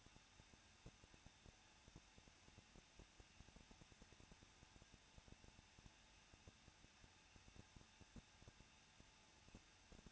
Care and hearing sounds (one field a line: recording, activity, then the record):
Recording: daily activity, microphone in the room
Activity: no activity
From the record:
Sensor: 2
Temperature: 21.0 degrees Celsius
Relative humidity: 37.6%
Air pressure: 1006.3 hPa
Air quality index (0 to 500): 224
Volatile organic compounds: 25 ppm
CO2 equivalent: 2847 ppm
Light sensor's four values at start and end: 2/3/2/2 and 2/3/2/2